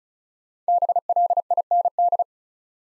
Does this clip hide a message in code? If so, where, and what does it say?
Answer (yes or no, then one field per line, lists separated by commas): yes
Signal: Morse code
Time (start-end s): 0.7-2.2 s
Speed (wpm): 36 wpm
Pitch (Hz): 700 Hz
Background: none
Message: BLIND